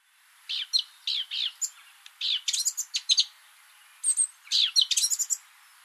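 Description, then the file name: Eurasian Blackcap: quick scratchy, twittering notes delivered in clustered bursts, with brief gaps between the groups. "Sylvia atricapilla"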